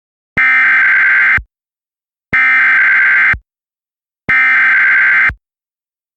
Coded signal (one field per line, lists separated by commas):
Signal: Emergency Alert System (SAME) tones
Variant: header bursts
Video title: EAS Mock - Rare SoCal Twister read by Donna